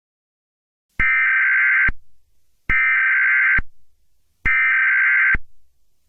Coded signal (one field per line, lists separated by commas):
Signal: Emergency Alert System (SAME) tones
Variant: header bursts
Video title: EAS Scenario #7: The Chameleons Dominance (Kung Fu Panda)